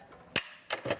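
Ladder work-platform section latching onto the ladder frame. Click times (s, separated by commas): 0.4 s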